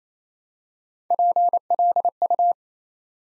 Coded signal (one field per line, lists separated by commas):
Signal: Morse code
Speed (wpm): 28 wpm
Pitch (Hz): 700 Hz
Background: none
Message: PLU